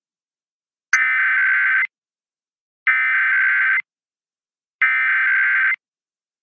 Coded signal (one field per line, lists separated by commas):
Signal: Emergency Alert System (SAME) tones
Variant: header bursts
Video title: Tests To Cap Off July (EAS #21077-21107) 7/31/24